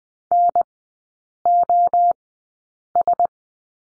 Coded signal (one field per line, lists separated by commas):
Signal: Morse code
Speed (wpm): 20 wpm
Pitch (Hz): 700 Hz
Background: none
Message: NOS